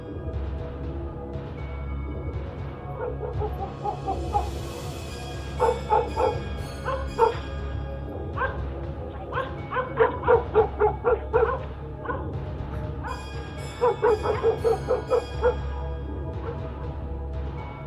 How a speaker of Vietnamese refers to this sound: Xung quanh chỉ là tiếng chó sủa, tiếng chó tru.